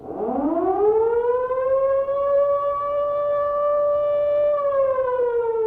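An air raid siren winds up from a low growl to a steady, loud wail, holds its sustained tone for several seconds, then begins to fall in pitch. No voices are heard.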